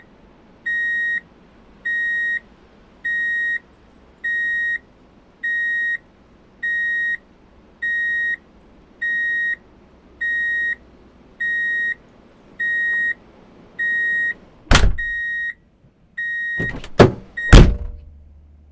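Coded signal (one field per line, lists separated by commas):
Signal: none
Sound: a vehicle's reversing beeps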